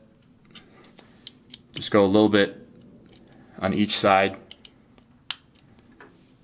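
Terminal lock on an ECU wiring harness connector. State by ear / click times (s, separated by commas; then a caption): released / 5.3 s. A small screwdriver pries up the plastic terminal-position lock on an ECU wiring harness connector plug, working a little on each side while someone talks. Faint scraping ticks lead up to a sharp pop at 5.3 s as the lock pops up into its release position.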